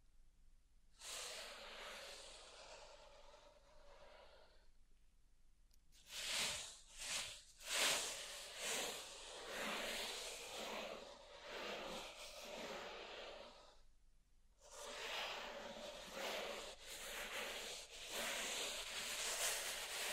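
Pink salt in a zen garden hisses under long brushing sweeps, broken midway by quick rhythmic scratchy strokes before another steady sweep.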